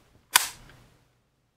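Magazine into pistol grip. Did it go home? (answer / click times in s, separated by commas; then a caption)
yes / 0.4 s. A pistol magazine is slapped home into the grip of a Luger P08 handgun during an immediate-action drill. A single sharp, loud impact lands at 0.4 s with a bright broadband crack, followed by a faint softer tick near 0.7 s that trails away. The magazine is seated.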